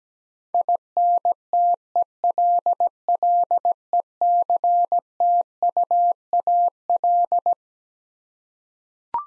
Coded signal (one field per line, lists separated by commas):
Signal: Morse code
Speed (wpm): 17 wpm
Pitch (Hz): 700 Hz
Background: none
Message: INTELLECTUAL